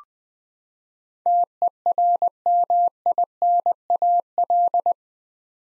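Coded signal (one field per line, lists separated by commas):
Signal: Morse code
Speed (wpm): 20 wpm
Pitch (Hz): 700 Hz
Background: none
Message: TERMINAL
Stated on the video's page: Morse head-copy drill of eight-letter words at 20 wpm, each word sent twice.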